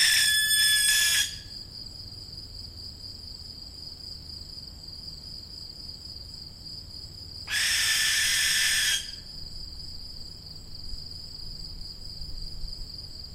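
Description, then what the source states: Barn owl young making rasping, hissing snore calls in two long bursts several seconds apart, over a constant thin high whine in the background. Young birds.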